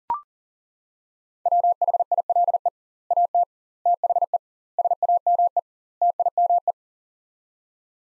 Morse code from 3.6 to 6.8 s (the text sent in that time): THE SAME TIME